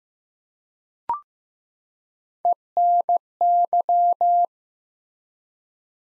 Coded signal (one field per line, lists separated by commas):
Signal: Morse code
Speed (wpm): 15 wpm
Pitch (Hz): 700 Hz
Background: none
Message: ENY